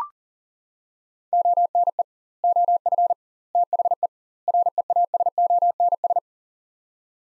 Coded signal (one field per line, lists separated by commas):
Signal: Morse code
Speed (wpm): 40 wpm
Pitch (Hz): 700 Hz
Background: none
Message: ONE OF THE REASONS